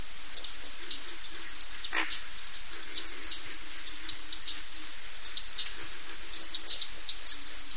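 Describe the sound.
Crickets keep up a constant piercing trill; a brief sharp sound cuts in near the two-second mark.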